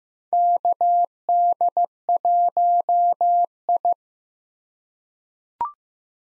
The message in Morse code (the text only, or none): KD1I